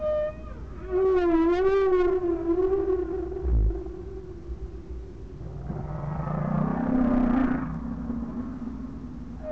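Whale call: a long, rapidly warbling tonal cry that drifts lower, followed by a swelling noisy wash with a faint steady tone.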